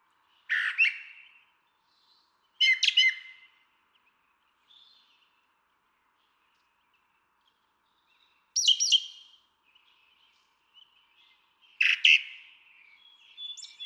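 Brown Thrasher song: loud, raspy phrases with long pauses between them, and a few faint chirps in the gaps.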